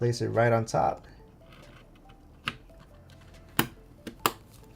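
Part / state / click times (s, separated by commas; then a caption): memory module into motherboard slot / seated / 2.5 s, 4.3 s. A second RAM stick is placed on top of its motherboard memory slot and pressed home after someone talks briefly. Two latch clicks are heard at 2.5 and 4.3 seconds, with a few fainter clicks and taps around them, and the module is seated.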